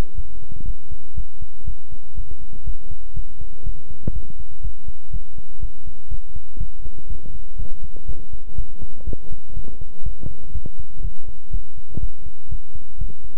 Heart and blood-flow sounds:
heart sounds by stethoscope; between the tricuspid and mitral areas; 122 bpm
0.15 s: heartbeat
0.65 s: heartbeat
1.15 s: heartbeat
1.65 s: heartbeat
2.14 s: heartbeat
2.64 s: heartbeat
3.14 s: heartbeat
3.63 s: heartbeat
4.13 s: heartbeat
4.61 s: heartbeat
5.11 s: heartbeat
5.60 s: heartbeat
6.08 s: heartbeat
6.58 s: heartbeat
7.07 s: heartbeat
7.57 s: heartbeat
8.06 s: heartbeat
8.55 s: heartbeat
9.04 s: heartbeat
9.54 s: heartbeat
10.03 s: heartbeat
10.52 s: heartbeat
11.01 s: heartbeat
11.51 s: heartbeat
12.00 s: heartbeat
12.49 s: heartbeat
12.98 s: heartbeat
From the record:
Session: pedaling a stationary bicycle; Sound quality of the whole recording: good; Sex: male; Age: 24 years

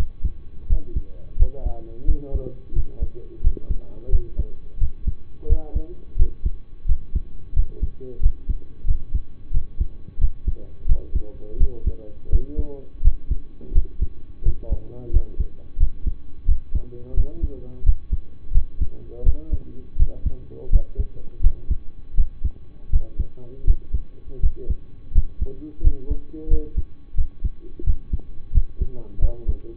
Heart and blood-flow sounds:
heart sounds by stethoscope; between the tricuspid and mitral areas; 86 bpm
0.66 s: heartbeat
1.36 s: heartbeat
2.05 s: heartbeat
2.73 s: heartbeat
3.41 s: heartbeat
4.09 s: heartbeat
4.78 s: heartbeat
5.46 s: heartbeat
6.16 s: heartbeat
6.86 s: heartbeat
7.53 s: heartbeat
8.20 s: heartbeat
8.85 s: heartbeat
9.51 s: heartbeat
10.18 s: heartbeat
10.86 s: heartbeat
11.57 s: heartbeat
12.29 s: heartbeat
13.01 s: heartbeat
13.72 s: heartbeat
14.42 s: heartbeat
15.10 s: heartbeat
15.77 s: heartbeat
16.45 s: heartbeat
17.14 s: heartbeat
17.83 s: heartbeat
18.52 s: heartbeat
19.23 s: heartbeat
19.96 s: heartbeat
20.69 s: heartbeat
21.41 s: heartbeat
22.15 s: heartbeat
22.90 s: heartbeat
23.64 s: heartbeat
24.40 s: heartbeat
25.12 s: heartbeat
25.81 s: heartbeat
26.48 s: heartbeat
27.15 s: heartbeat
27.84 s: heartbeat
28.51 s: heartbeat
29.19 s: heartbeat
From the record:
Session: rest, lying down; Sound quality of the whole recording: partially saturated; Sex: male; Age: 25 years

